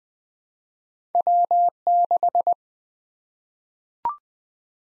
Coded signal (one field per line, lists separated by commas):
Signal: Morse code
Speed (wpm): 20 wpm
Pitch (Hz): 700 Hz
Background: none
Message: W6